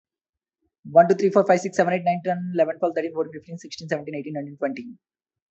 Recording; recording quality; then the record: counting at a fast pace; excellent, no background noise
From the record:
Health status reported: healthy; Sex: male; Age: 25 years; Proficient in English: yes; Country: India